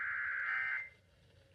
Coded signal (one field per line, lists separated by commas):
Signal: Emergency Alert System (SAME) tones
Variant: end-of-message bursts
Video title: EAS Alerts 6908-6961 During Spring Break From 04/13-19/25